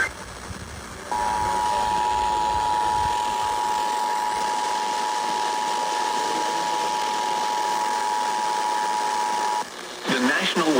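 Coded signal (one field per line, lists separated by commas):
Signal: Emergency Alert System (SAME) tones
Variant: 853 and 960 Hz attention tone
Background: speech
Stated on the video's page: Severe thunderstorm warning relayed on a broadcast station.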